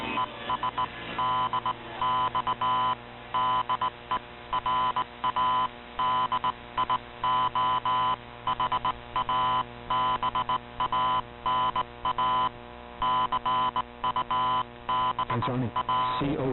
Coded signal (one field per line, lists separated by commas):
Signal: Morse code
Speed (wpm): 18 wpm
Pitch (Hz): 1010 Hz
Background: music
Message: ES DX DE RA DIO HABANA CUBA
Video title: Radio Havana Cuba DXers Unlimited Jan 26 2020 on 15140Khz Shortwave Radio R8600